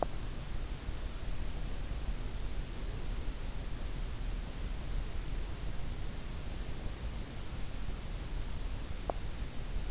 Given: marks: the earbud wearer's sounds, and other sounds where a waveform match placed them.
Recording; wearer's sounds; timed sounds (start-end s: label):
sounds in sleep by an in-ear microphone; teeth grinding
0.00-0.26 s: teeth grinding